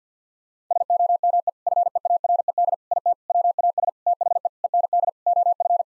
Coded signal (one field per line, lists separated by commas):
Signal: Morse code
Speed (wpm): 50 wpm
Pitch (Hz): 700 Hz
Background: none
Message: SOME FEARED IT WAS THE END OF